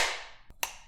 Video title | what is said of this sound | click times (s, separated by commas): M3 "Grease Gun" - Denix WWII Replica Review | with the trigger pull it slams forward | 0.6 s